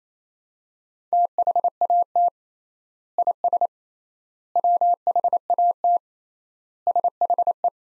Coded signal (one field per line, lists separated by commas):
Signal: Morse code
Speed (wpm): 28 wpm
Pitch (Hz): 700 Hz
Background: none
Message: THAT IS WHAT SHE